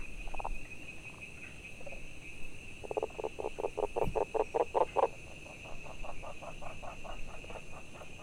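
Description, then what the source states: Frog calls in quick repeated pulses, a loud burst of evenly spaced croaks in the middle then a softer continuing series, with a faint steady hum behind. Recorded 22 June 2019.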